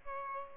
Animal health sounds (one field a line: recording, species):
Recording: mosquito wingbeat signal from an infrared sensor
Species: Aedes albopictus